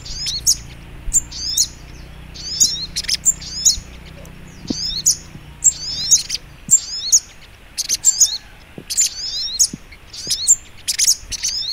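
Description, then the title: Brown-throated sunbird song: thin, high chirps and quick twittering phrases repeated about every half second to a second, with a faint low hum underneath. Masteran training recording titled Sogok Ontong Labaik. "Masteran Burung Sogok Ontong Labaik"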